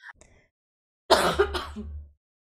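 A single harsh, noisy cough from an adult, close to a throat-clear, lasting about one second after a brief quiet pause. It is an ordinary incidental cough, with faint small sounds just before it.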